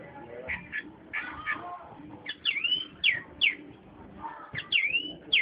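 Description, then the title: Oriental magpie-robin song: buzzy notes, then a series of bright downslurred whistles, over a faint low rumble. Long continuous chirping song. "Kicau Kacer Durasi Panjang 1jam Lebih"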